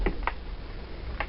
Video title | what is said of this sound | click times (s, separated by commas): BEKO Washer repair reassemble | there we are that's that locked in place now we've got to put the screws in | 0.1 s, 0.3 s, 1.2 s